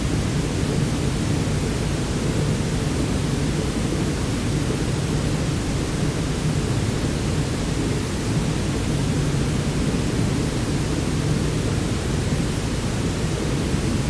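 A steady white noise hiss runs unchanged for the whole clip, with no breaks or events. The sound is weighted toward the low end, a dense rumbling roar with a slight hum in the bass, and softer, airy hiss above it.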